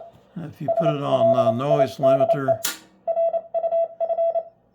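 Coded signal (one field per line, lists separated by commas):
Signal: Morse code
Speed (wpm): 28 wpm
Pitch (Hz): 690 Hz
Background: speech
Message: SLIDE RUF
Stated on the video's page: Morse received on an HQ-110A receiver through a TMC GSB-1 SSB adapter.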